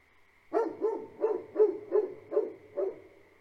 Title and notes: Farm at Night. Two Great Pyrenees livestock guardian dogs bark for the first five minutes, then periodically throughout. Frog chorus fills the air. Recorded March, 2021